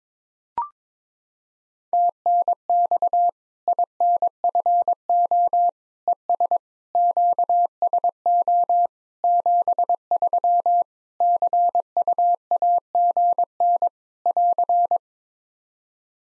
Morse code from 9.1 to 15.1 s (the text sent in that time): 73 CUAGN <AR>